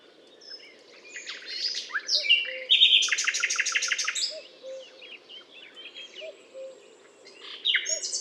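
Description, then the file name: Common nightingale singing varied phrases of slurred whistles and a fast, loud run of repeated chipping notes, with soft low notes and a constant low hum behind. Butte calcaire de Gratacap, France; 19 May 2012. "120519 rossignol-philomele-Butte-calcaire-de-Gratacap-F"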